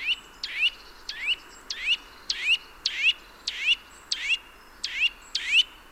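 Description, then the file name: Eurasian nuthatch giving a steady series of sharp, upslurred high calls, about one every half second, each note loud and clear. "Sitta europaea"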